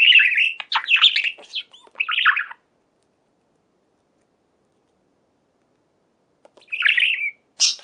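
Budgerigar chattering in scratchy, warbling bursts around the first two and a half seconds, then silence, with a short twittering phrase and a squeak near the end.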